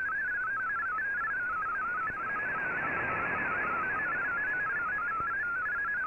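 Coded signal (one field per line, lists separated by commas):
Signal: multi-tone FSK (Olivia or MFSK type)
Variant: MFSK16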